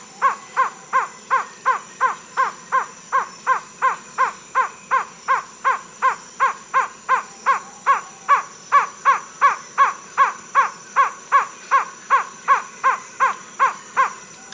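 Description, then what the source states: Slaty-tailed trogon calling: a sustained, evenly paced series of hollow cow notes, close to three per second, holding steady volume throughout. Recorded in South America.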